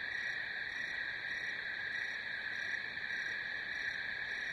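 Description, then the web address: Cricket chorus as an even, continuous high buzz, with softer pulsed chirps faintly audible above it. "сверчки"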